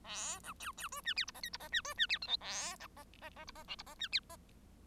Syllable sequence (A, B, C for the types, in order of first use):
A B C C D E F G H I G H E D E F J K A H H H G H L G H E F H